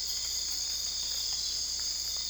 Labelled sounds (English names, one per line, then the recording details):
none
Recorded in dense forest near Puerto Asís, Putumayo, Colombia, on 20 December 2024 at 01:00
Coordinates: 0.485, -76.318
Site GP03